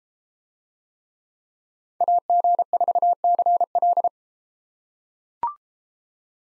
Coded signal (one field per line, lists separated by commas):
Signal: Morse code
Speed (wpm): 32 wpm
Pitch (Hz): 700 Hz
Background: none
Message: AG4CL